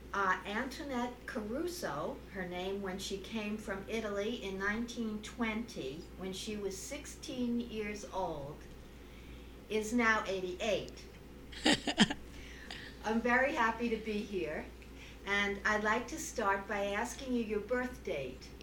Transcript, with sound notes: Antoinette Caruso, her name when she came from Italy in 1920 when she was sixteen years old, is now eighty-eight. (laughs) I'm very happy to be here, and I'd like to start by asking you your birth date.